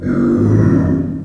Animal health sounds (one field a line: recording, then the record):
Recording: squeal of a Yucatan mini pig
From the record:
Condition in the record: after surgery on the right vocal fold (resection and tissue-engineered implant)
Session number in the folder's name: 7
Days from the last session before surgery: 47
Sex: female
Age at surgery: 19 weeks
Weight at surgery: 25 kg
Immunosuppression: prednisolone